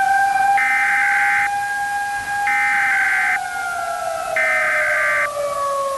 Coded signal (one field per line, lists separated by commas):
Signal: Emergency Alert System (SAME) tones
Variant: header bursts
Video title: *VALID TONES* EAS Scenario: Weather Disaster